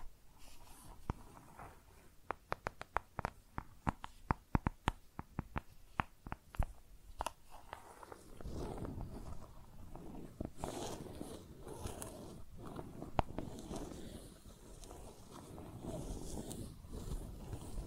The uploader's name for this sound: Makeup Tapping & Scratching Sounds